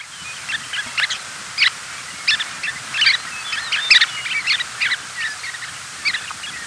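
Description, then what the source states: Chestnut-collared longspur calls, a flurry of short high chattering notes and rattles in rapid irregular bursts, with faint steady hiss behind. Recorded in Texas.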